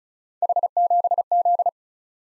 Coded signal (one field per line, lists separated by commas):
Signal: Morse code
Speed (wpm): 36 wpm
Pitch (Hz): 700 Hz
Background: none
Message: H7Z